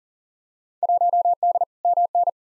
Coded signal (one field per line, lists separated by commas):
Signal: Morse code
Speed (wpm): 37 wpm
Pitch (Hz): 700 Hz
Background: none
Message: 1D MN